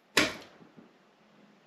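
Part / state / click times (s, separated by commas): graphics card into motherboard PCIe slot / seated / 0.2 s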